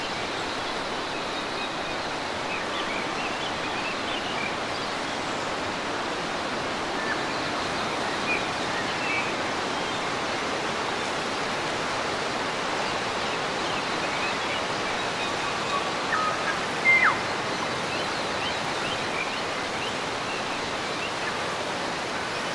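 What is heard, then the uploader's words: Waves wash steadily along the coast at Marlborough Sounds, New Zealand, a dense, even hiss of water that barely changes in level for the whole stretch. Birds are faint in the background, with a couple of brief, brighter chirps around the seventeen-second mark. Birds & Waves at Marlborough Sounds, New Zealand. Birds chirp and waves crash on the coast of New Zealand.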